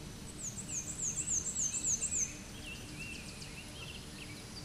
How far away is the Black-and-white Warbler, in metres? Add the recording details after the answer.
about 30 m. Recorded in a Pennsylvania forest on 18 May 2023 at 12:57. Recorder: AudioMoth, point grid1_20_low. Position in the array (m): 38 m, 216 m